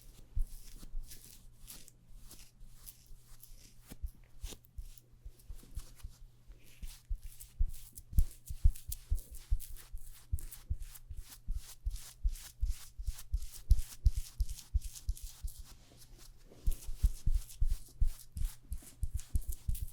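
Fast, layered makeup sounds: quick brushing and rubbing strokes in bursts, with crisp tapping clicks that grow denser and more rapid after the first few seconds. A low steady hum runs underneath throughout, and the strokes vary in strength without pause.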